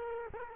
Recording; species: mosquito wingbeat signal from an infrared sensor; Culex quinquefasciatus